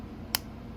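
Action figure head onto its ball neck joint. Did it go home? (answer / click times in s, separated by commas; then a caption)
yes / 0.3 s. A swap head is pushed back onto the ball-in-ball neck joint of a plastic Jada Toys Ryu action figure and seats with a single sharp, bright click at 0.3 s over a quiet low background. It is the satisfying click that has been missing from other figures when their heads are swapped.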